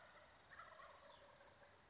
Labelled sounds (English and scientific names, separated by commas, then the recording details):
Wild Turkey (Meleagris gallopavo)
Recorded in Sonoma County, California